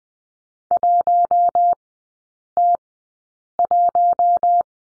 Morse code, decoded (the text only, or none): 1T1